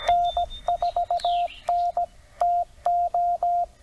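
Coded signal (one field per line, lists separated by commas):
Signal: Morse code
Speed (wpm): 17 wpm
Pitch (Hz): 700 Hz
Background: radio noise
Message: N4NTO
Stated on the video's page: CW POTA activation from a Tennessee state park using TR45L Skinny radio, MC-750 vertical whip with four radials, Bamatech TP III key, 12 Ah battery.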